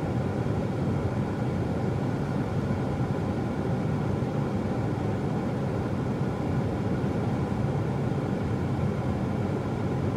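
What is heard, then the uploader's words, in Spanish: An air conditioner runs with a steady, unbroken roar, heaviest in the low and low-middle range with a softer hiss above. The level holds constant across the whole ten seconds, with no pauses, clicks or other events standing out. Aire acondicionado.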